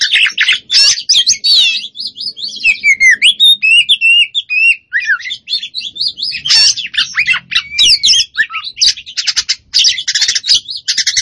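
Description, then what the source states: Oriental magpie-robin pouring out a long, varied song of rising and falling whistles, trills and rasping notes, continuous throughout. Kacer poci variety, singing vigorously and continuously (gacor).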